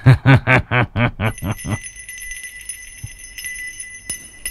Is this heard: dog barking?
no